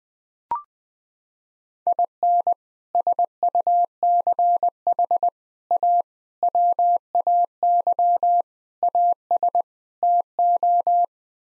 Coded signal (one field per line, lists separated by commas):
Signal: Morse code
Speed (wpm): 20 wpm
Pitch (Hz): 700 Hz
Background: none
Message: IN SUCH A WAY AS TO